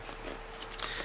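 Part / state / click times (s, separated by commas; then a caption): knife blade into its sheath / not seated / none. A fixed-blade knife is pushed into its plastic sheath, lining up a notch on the blade with a notch in the guard. Faint scraping and rustling are heard, with a brief louder rub near 0.8 s. The blade does not snap in, and nothing has clicked or seated, showing poor retention.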